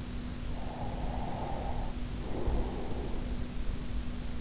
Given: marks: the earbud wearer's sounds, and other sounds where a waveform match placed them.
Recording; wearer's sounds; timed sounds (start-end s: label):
sounds in sleep by an in-ear microphone; breath
0.56-3.54 s: breath